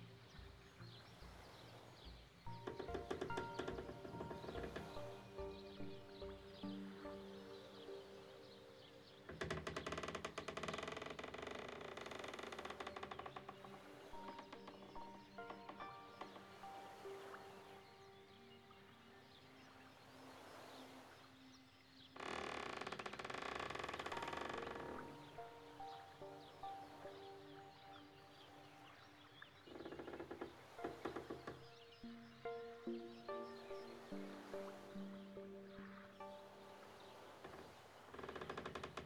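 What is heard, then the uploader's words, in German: At the edge of a Canadian lake, a busy outdoor scene fills the clip with clustered tonal calls and chirps that come in irregular bursts. Two stretches of steady rushing noise, around 9–13 and 22–25 seconds, briefly cover the calls before they resume. Am Rande eines kanadischen Sees.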